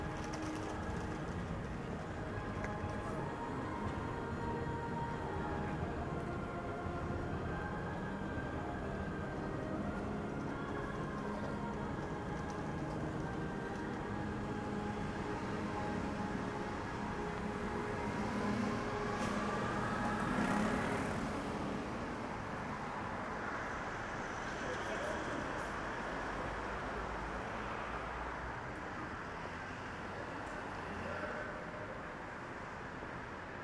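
A Saturday morning in bustling Shinjuku, with a dense, steady wash of traffic and crowd noise throughout. Engine drones and tonal hums run underneath, and a brief brighter surge stands out around twenty seconds before the sound settles back to its steady level.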